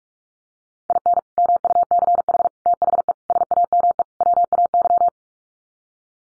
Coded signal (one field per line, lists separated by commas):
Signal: Morse code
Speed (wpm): 44 wpm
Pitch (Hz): 700 Hz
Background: none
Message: IN MUCH THE SAME WAY